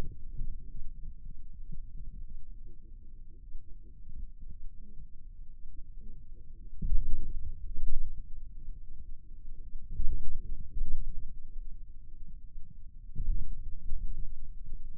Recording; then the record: forearm muscle sounds (acoustic myography)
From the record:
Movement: radial deviation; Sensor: system 2, bracelet of six BSWA MPA416 microphones around the upper forearm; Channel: 2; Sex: male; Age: 22 years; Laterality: right